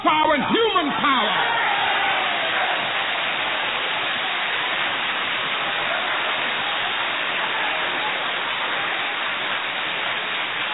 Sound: applause